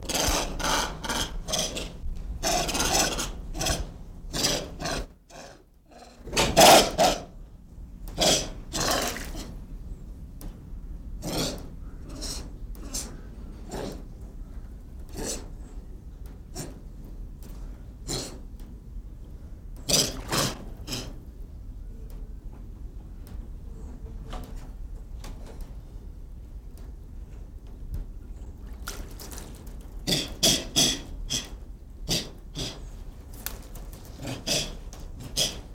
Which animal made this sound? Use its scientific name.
Macaca mulatta